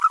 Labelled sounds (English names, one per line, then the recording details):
Green-rumped Parrotlet babbling
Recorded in a nest box in Venezuela
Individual 18B25A5